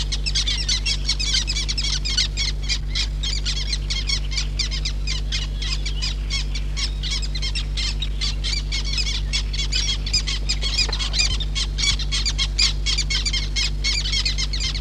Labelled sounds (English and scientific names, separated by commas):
Black Tern (Chlidonias niger) call